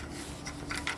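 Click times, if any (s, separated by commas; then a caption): none. A support piece for a mitre saw stand is handled and pushed toward its bracket on the stand frame, with steady rubbing and scraping and two short knocks at about 0.7 and 0.9 seconds. Nothing has seated or clicked yet.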